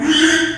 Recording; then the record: squeal of a Yucatan mini pig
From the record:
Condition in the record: after surgery on the right vocal fold (resection and tissue-engineered implant); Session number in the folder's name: 3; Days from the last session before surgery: 33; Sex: male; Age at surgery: 12 weeks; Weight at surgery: 13 kg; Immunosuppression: cyclosporine, prednisolone